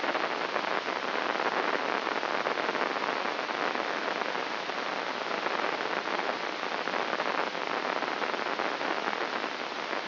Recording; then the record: brain microelectrode recording played as sound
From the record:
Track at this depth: inside the subthalamic nucleus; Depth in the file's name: 3.831 mm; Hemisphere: left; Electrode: 3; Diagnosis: Parkinson's disease